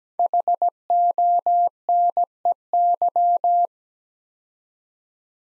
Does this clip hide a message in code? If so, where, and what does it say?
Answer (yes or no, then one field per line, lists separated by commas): yes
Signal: Morse code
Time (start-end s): 0.2-3.7 s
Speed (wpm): 17 wpm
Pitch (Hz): 700 Hz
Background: none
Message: HONEY